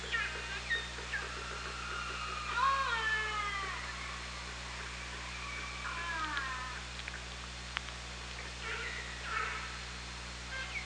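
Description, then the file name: Orca calls, rapid click trains early on, then a harmonic call bending upward and down around three seconds, with more stacked tonal calls later over steady underwater hum. Recorded with a hydrophone on 24 August 2017. "Orca Lab"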